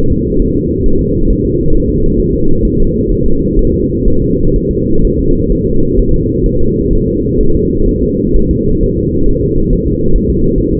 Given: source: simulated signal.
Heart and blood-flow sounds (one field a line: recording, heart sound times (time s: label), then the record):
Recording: fetal heart sounds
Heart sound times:
0.12 s: S2
0.42 s: S1
0.57 s: S2
0.86 s: S1
1.01 s: S2
1.31 s: S1
1.45 s: S2
1.75 s: S1
1.90 s: S2
2.20 s: S1
2.34 s: S2
2.65 s: S1
2.80 s: S2
3.12 s: S1
3.26 s: S2
3.59 s: S1
3.74 s: S2
4.08 s: S1
4.22 s: S2
4.56 s: S1
4.71 s: S2
5.05 s: S1
5.19 s: S2
5.52 s: S1
5.67 s: S2
6.00 s: S1
6.14 s: S2
6.46 s: S1
6.61 s: S2
6.93 s: S1
7.08 s: S2
7.41 s: S1
7.55 s: S2
7.89 s: S1
8.03 s: S2
8.37 s: S1
8.51 s: S2
8.83 s: S1
8.98 s: S2
9.29 s: S1
9.44 s: S2
9.73 s: S1
9.88 s: S2
10.16 s: S1
10.30 s: S2
10.58 s: S1
10.73 s: S2
From the record:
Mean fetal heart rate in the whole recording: 130 bpm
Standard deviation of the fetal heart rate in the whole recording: 4 bpm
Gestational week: 38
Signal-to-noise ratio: -17.7 dB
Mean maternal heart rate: 72 bpm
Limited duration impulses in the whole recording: present